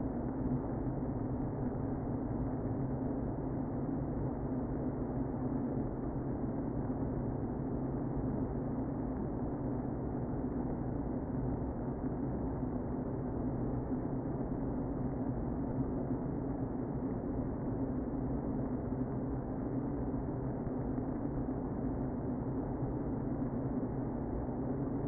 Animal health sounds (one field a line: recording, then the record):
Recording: honeybee colony, microphone inside the hive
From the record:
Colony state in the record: queen present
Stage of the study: before two queens were removed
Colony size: about 60,000 bees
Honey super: yes